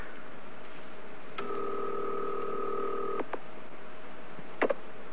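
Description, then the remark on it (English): A telephone call from a payphone being put through by an operator to New Milford: a steady two-tone line signal hums for about two seconds, framed by sharp clicks, then a short crackling click as the line connects. “One moment, please. I'll connect you.”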